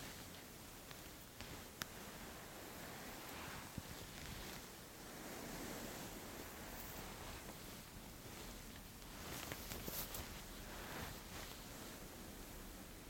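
Fabric rustles and hands rub over a head in a dense, steady hiss that fills the whole clip with a soft, even texture. A few brief sharp snips or clicks stand out, near two seconds, four seconds and ten seconds.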